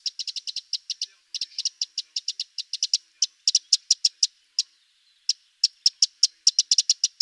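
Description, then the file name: Eurasian wren calling with a rapid string of hard tick notes, some in close clusters, with a brief pause partway through. "Troglodytes troglodytes"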